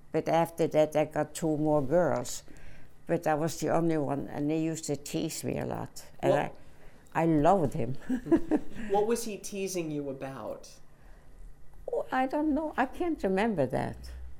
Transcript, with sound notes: But after that they got two more girls, but I was the only one, and he used to tease me a lot. And I, I love him. (she laughs)
What was he teasing you about?
Oh, I don't know. I can't remember that.